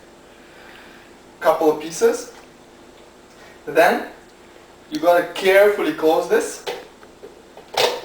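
A lid is being closed onto a blender jar holding banana pieces while someone talks. Two quiet handling sounds come near the end, at about 7.0 s and 7.6 s. Nothing has clicked or seated yet.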